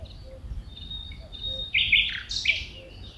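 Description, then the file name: Common nightingale song: a thin, steady high whistle, then a loud burst of dense, buzzy, rattling notes that rises and falls, over faint low background rumble. Recorded at Engelermeer, Netherlands. "Nightingale Nl Engelermeer"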